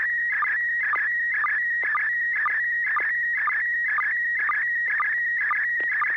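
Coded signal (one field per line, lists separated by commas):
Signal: SSTV (slow-scan television)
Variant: PD120 mode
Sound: warbling tone around 2 kHz with short low chirps about twice per second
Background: low hum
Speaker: kl7 hqr if you're ready to go go ahead and transmit your picture now thank you [Music] i'm right here and good evening to cairo and you yes i'll be sending a picture on pdf 120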